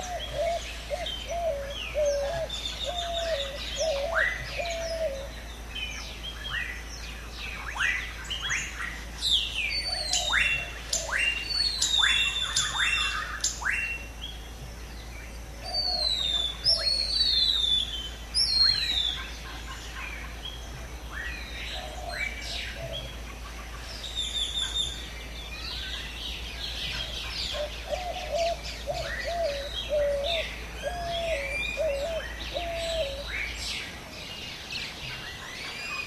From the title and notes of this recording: Hear the rich sounds of the Mayan Jungle with this audio experience captured from the Yucatan Peninsula, dominated by the extraordinary variety of tropical birds found in this region. Mayan Jungle Sounds.